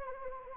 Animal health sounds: mosquito wingbeat signal from an infrared sensor; Anopheles arabiensis

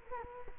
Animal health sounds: mosquito wingbeat signal from an infrared sensor; Culex quinquefasciatus

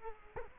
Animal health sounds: mosquito wingbeat signal from an infrared sensor; Culex quinquefasciatus

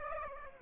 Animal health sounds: mosquito wingbeat signal from an infrared sensor; Aedes aegypti

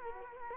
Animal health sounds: mosquito wingbeat signal from an infrared sensor; Culex quinquefasciatus

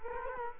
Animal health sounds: mosquito wingbeat signal from an infrared sensor; Culex quinquefasciatus

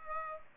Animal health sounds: mosquito wingbeat signal from an infrared sensor; Aedes albopictus

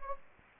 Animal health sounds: mosquito wingbeat signal from an infrared sensor; Anopheles gambiae

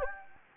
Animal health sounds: mosquito wingbeat signal from an infrared sensor; Anopheles gambiae

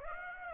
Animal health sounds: mosquito wingbeat signal from an infrared sensor; Aedes aegypti

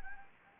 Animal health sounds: mosquito wingbeat signal from an infrared sensor; Anopheles gambiae

